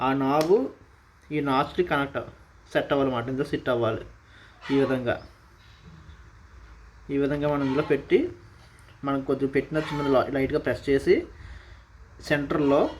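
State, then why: Not seated. A RAM module is lined up with its key notch matching the notch of a memory slot in an HP laptop before being pressed down. Someone talks throughout with short pauses, and no distinct handling sounds stand out. The module has not seated or clicked yet in this stretch.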